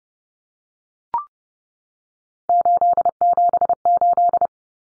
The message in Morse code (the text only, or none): 878